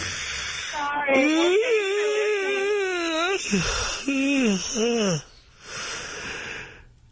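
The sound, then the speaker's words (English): A long, drawn-out voiced yawn with a wavering, moaning pitch, trailing into a few shorter falling groans and a breathy exhale at the end. “You know, those yawns are contagious.”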